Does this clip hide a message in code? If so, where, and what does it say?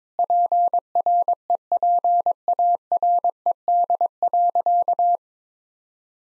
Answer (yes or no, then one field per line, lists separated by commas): yes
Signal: Morse code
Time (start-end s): 0.2-5.2 s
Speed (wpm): 22 wpm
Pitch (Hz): 700 Hz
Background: none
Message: PREPARED.